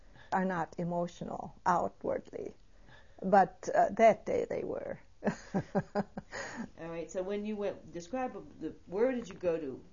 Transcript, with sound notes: are not emotional outwardly, but that day they were. ( she laughs )
All right. So when you went, describe the, where did you go to?